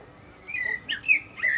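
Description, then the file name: Common blackbird song: a brief fragment of smooth fluted whistles with a high slurred note between them. "Turdus merula"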